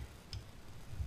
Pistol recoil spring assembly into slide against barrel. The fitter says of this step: and well, you kind of heard it click, but it's setting and it's seated back against the barrel.